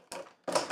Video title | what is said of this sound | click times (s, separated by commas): TF: Prime Terrorcon Cliffjumper "Rust In Peace" (SDCC 2012 Exclusive) Deluxe Class Review | when you hear that click, that means it's in robot mode. | 0.7 s